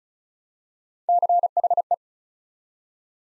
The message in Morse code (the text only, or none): CHE